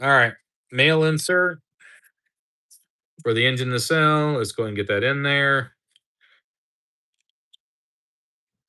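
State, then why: Seated. Someone talks, then pushes a plastic male insert into a plastic model engine nacelle. After a few faint taps, a sharp click at 7.5 s marks the insert snapping into place, seated but a loose fit.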